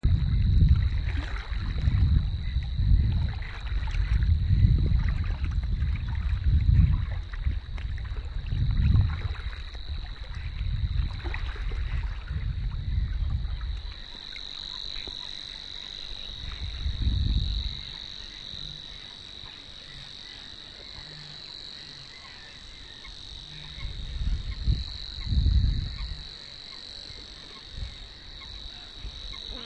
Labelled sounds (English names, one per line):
Savi's Warbler song